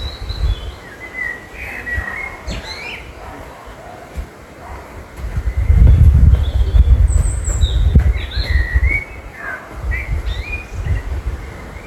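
Bird chirps scattered throughout, short sweeping whistled notes, with a loud low rumble swelling in the middle.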